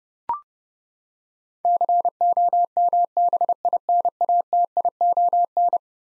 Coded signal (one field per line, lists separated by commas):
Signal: Morse code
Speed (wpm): 30 wpm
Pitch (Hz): 700 Hz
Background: none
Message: COMBINATION